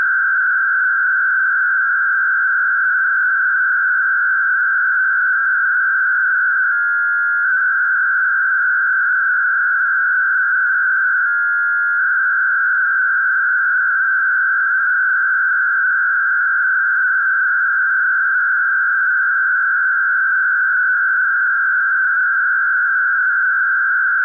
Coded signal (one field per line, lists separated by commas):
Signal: MT63